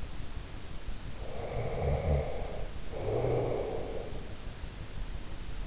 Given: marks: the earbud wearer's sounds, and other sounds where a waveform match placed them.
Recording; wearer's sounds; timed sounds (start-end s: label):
sounds in sleep by an in-ear microphone; snoring breath
1.11-4.20 s: snoring breath